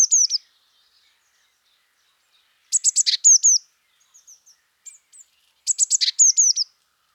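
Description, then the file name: Eurasian blue tit calls: three high phrases of clipped notes and falling whistles, roughly three seconds apart, with scattered soft high notes between. "Cyanistes caeruleus"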